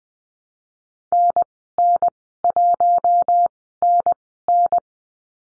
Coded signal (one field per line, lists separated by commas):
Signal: Morse code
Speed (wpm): 20 wpm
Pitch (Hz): 700 Hz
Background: none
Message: NN1NN